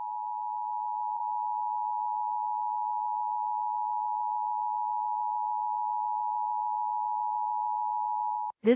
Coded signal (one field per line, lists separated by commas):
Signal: Emergency Alert System (SAME) tones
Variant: 853 and 960 Hz attention tone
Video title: Required Monthly EAS Test on 98.7 KMVP-FM (Phoenix, AZ) during Mets @ Dbacks May 7, 2025 2:44 PM MST